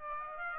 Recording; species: mosquito wingbeat signal from an infrared sensor; Aedes aegypti